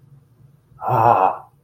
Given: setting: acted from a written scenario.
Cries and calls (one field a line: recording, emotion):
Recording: vocal sound without words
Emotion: awe